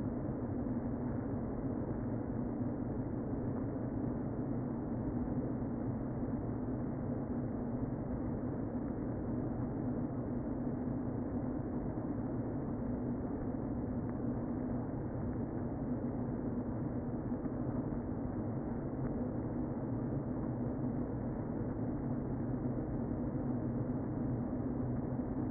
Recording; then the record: honeybee colony, microphone inside the hive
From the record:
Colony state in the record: queen present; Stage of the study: before two queens were removed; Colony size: about 60,000 bees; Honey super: yes